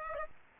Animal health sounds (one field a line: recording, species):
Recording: mosquito wingbeat signal from an infrared sensor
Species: Aedes aegypti